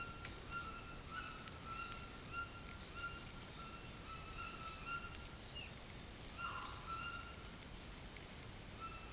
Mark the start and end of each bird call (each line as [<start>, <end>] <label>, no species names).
[0.00, 9.12] bird call